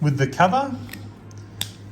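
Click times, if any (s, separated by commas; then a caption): 1.6 s. Someone talks briefly while the plastic battery cover of a car key remote is pressed back onto the remote housing. The cover clicks shut with a sharp snap at 1.6 s and is seated.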